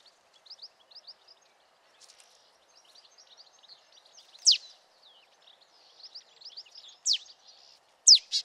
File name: Poecile palustris